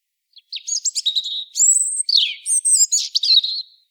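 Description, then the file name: European robin singing a continuous varied phrase of high thin whistles, fast trills and tumbling liquid notes, lasting about three seconds against silence. "Erithacus rubecula"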